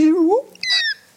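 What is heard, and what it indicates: A 45-year-old man hums a steady mid-pitched tone that slides upward, then, after a short gap, gives a thin, high whistling tone lasting about a third of a second. It is a vocal imitation of his own tinnitus, a rushing ringing in the ears he has had for over 20 years since his early twenties, probably caused by loud music.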